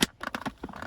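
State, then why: Seated. A metal and plastic console trim faceplate is pressed into the centre console around the gear stick of a Volvo XC90 MK1 (2003-2014), giving a sharp click at 0.0 s as it clips into place. Softer taps follow at about 0.3, 0.4, 0.5 and 0.8 s as it is pressed on all sides to check it has gone in fully, and the trim piece is seated.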